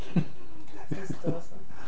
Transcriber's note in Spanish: risas